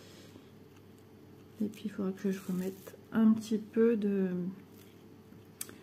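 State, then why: Seated. Someone talks, then a square resin diamond drill is set correctly into a cell of the diamond painting canvas grid. It gives a small, sharp click at 5.6 s, the reassuring sign that it is properly seated.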